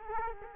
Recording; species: mosquito wingbeat signal from an infrared sensor; Culex quinquefasciatus